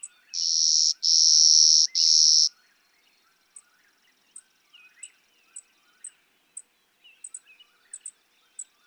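Clay-colored sparrow giving three long, even, insect-like buzzes in quick succession, followed by scattered sharp high ticks and soft warbling from other birds.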